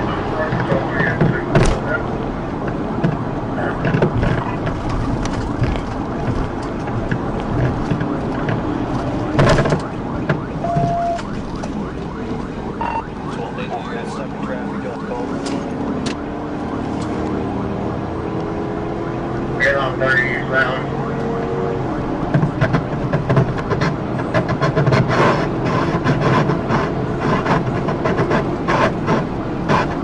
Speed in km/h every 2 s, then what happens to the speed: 134, 138, 122, 134, 134, 119, 103, 105, 122, 129, 137, 145, 158, 161, 167.
0-8 steady at about 134. 8-13 brakes to 103. 13-27 speeds up to 167.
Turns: none.